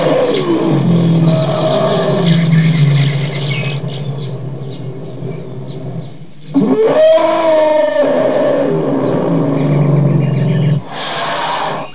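Elephant calls: a long, low harmonic rumbling roar, a short rising call in the middle, then another deep drawn-out rumble.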